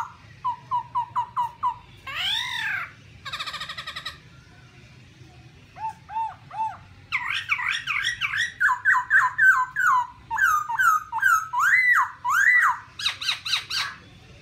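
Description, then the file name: Black-throated laughingthrush song: short repeated whistles, harsh bursts, then a long lively series of rising and falling whistled notes. "tieng khuou bac ma hot"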